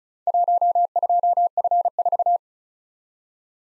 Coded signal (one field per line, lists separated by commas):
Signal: Morse code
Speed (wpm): 36 wpm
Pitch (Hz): 700 Hz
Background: none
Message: 12F4